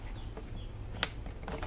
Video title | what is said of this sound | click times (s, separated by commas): Harbor Freight Portland 3-In-1 Corded Electric Blower Vacuum Mulcher unbox and demo | there we go so that kind of snaps in place we'll go around make sure it's nice and tight in there | 1.0 s